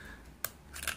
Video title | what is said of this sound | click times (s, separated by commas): RTUK's First look at the ud goliath V2 and Flat Wi | once that's on them then they juice a section or click into place right | 0.5 s